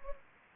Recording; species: mosquito wingbeat signal from an infrared sensor; Anopheles gambiae